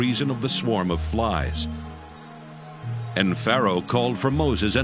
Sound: mosquitoes